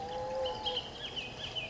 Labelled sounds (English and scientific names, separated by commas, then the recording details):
Bullock's Oriole (Icterus bullockii)
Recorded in Sonoma County, California